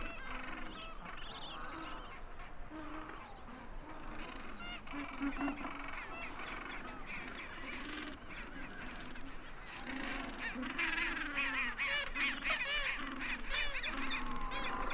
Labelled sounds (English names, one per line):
Gentoo Penguin call